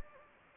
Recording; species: mosquito wingbeat signal from an infrared sensor; Anopheles gambiae